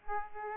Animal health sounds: mosquito wingbeat signal from an infrared sensor; Aedes aegypti

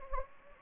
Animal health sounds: mosquito wingbeat signal from an infrared sensor; Anopheles gambiae

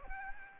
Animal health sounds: mosquito wingbeat signal from an infrared sensor; Aedes aegypti

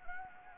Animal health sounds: mosquito wingbeat signal from an infrared sensor; Anopheles gambiae

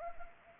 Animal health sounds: mosquito wingbeat signal from an infrared sensor; Anopheles gambiae

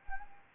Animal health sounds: mosquito wingbeat signal from an infrared sensor; Anopheles arabiensis

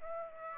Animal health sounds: mosquito wingbeat signal from an infrared sensor; Aedes aegypti

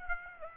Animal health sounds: mosquito wingbeat signal from an infrared sensor; Aedes aegypti

